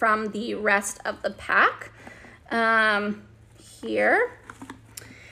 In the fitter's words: and the seal again super great you can kind of hear it snap